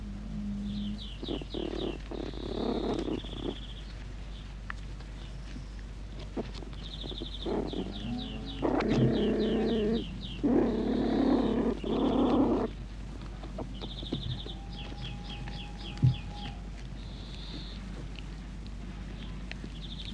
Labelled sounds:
Beech Marten (Martes foina) call

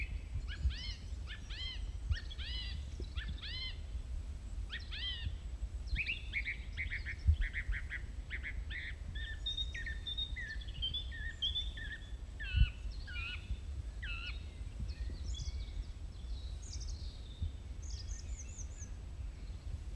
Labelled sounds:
Song Thrush (Turdus philomelos) song

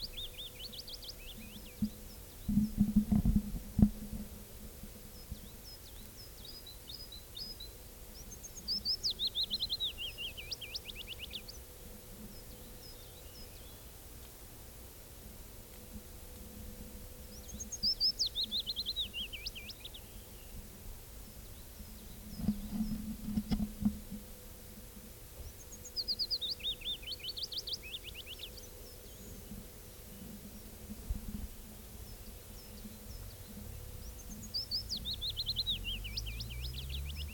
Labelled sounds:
Willow Warbler (Phylloscopus trochilus) song

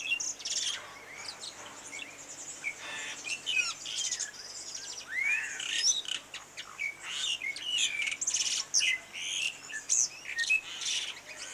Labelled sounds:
Pied Myna (Gracupica contra) song

